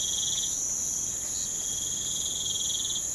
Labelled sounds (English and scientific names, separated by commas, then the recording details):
none
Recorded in pastures near Puerto Asís, Putumayo, Colombia, on 25 June 2025 at 05:00
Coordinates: 0.472, -76.331
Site G095